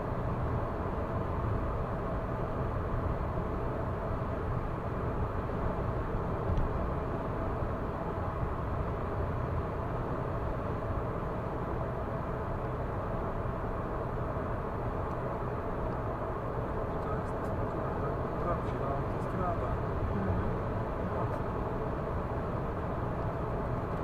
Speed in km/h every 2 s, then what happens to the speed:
106, 106, 106, 106, 106, 106, 106, 106, 106, 106, 106, 105.
0-24 steady at about 106.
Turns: none.